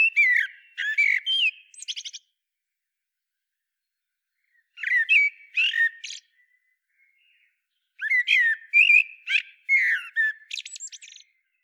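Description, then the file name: Common blackbird song in three bursts of whistled notes and high, scratchy twittering, separated by pauses. "Turdus merula"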